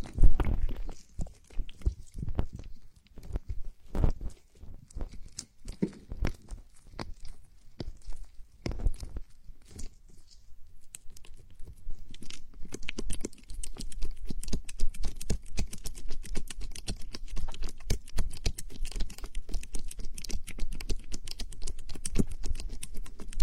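Oily massaging of the ears, with crackly squelching and tapping clicks. For the first ten seconds the strokes come as scattered, separate bursts with short pauses. After a brief quiet near eleven seconds, a dense, steady stream of rapid wet crackling takes over.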